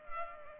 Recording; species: mosquito wingbeat signal from an infrared sensor; Culex pipiens